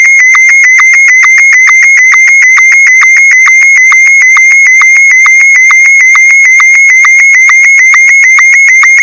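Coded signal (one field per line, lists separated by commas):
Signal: SSTV (slow-scan television)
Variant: Martin 1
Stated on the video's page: SSTV net on an FM repeater at 441.300 MHz in Sacramento; Morse likely repeater ident.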